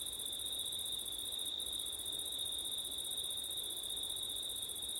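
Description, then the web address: Crickets produce a bright, constant ringing trill on two steady high bands. Crickets singing at night in September, recorded in windy conditions; ORTF microphone setup. "audio crickets wind september night ortif"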